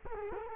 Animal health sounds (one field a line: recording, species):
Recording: mosquito wingbeat signal from an infrared sensor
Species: Culex quinquefasciatus